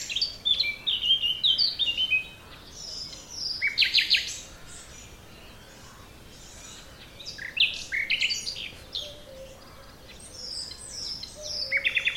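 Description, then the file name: Common nightingale song: bursts of varied high whistles, chirps and sharp rapid notes, separated by quiet gaps; faint low piping notes in the background. "Luscinia megarhynchos"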